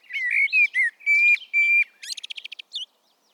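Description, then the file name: Common blackbird singing a short phrase of sweet, level whistles followed by a fast, rattling series of high squeaky notes. "Turdus merula"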